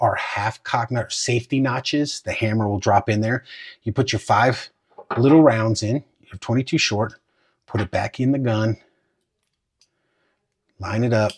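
Someone talks while a small NAA revolver's cylinder, loaded with five 22 Short rounds, is put back into the frame and lined up before the pin is pushed home. A faint, brief tick sounds at about 9.8 s in a quiet gap. Nothing has seated or clicked yet.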